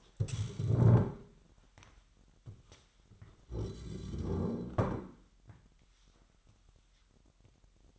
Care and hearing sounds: daily activity, microphone in the room; stand up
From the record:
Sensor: 3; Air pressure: 998.6 hPa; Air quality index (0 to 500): 128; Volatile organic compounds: 3 ppm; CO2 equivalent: 1530 ppm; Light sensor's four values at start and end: 8/18/7/8 and 9/20/8/9

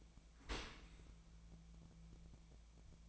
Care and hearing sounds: daily activity, microphone in the room; open dishwasher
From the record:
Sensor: 1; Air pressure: 1000.5 hPa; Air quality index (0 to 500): 181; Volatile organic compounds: 4 ppm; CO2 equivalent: 1669 ppm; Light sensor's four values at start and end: 11/26/11/12 and 11/26/11/12

